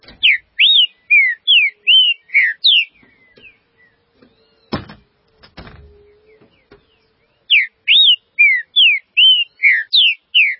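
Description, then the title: Green-winged saltator song: two bursts of ringing whistled notes, separated by several seconds of knocks and handling sounds. "Trinca Ferro"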